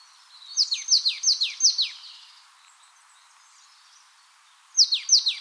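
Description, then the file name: Marsh tit uttering rapid, high, downward-sweeping chip notes in a run of about six, then a pause, then a shorter burst. "Poecile palustris"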